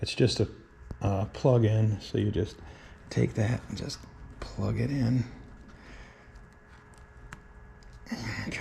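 Someone talks while handling the blue-wire plug-in connector, about to push it into its mating plug on a 2010 Mercury 20hp 4-stroke outboard motor (1F20412HK). A few brief handling ticks are heard near the end, at 7.3 s and 8.6 s. Nothing has seated or clicked yet; the clip ends just before the connector snaps into place.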